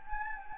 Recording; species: mosquito wingbeat signal from an infrared sensor; Anopheles gambiae